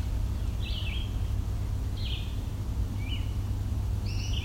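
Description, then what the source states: Blue jay giving odd calls: short, slurred whistled notes, some dropping in pitch, spaced about a second apart over a steady low rumble. An unusual, weird call that blue jays sometimes make; heard in old growth forest with a spicebush understory.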